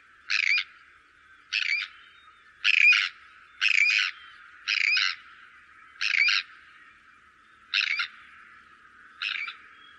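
Bird calls: eight short, grating squawks spaced a little over a second apart, each a hoarse burst, against a quiet background.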